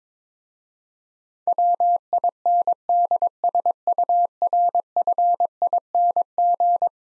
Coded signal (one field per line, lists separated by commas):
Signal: Morse code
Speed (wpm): 22 wpm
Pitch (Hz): 700 Hz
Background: none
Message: WINDSURFING